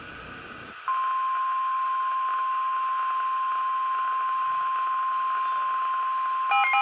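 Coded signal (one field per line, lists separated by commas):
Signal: Emergency Alert System (SAME) tones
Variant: 1050 Hz attention tone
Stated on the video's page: Received on Midland WR-400 and Midland WR-120EZ weather radios.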